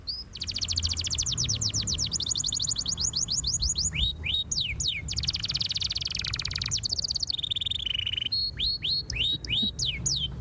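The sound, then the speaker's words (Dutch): A canary sings continuously in rapid trills and bright, high-pitched chirps, shifting through fast repeated rolls and sharper whistled notes over a low background rumble, with no talking. “Want je vader hield van kanaries.”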